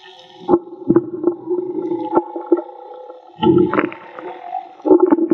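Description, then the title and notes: Whale song: a sustained low hum runs beneath repeated clicks and knocks, with a louder gurgling burst in the second half and a short moan near the end. Whale song, underwater field recording made with DIY hydrophones; audio cleaned afterwards. "CANTO DE BALLENAS MAGMA. Grabación de campo y construcción dehidrofonos DIY: Jorge Barco. Limpieza de audio: Santiago Minotas"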